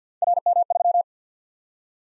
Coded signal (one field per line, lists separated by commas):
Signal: Morse code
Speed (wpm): 52 wpm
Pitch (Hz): 700 Hz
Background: none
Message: RM3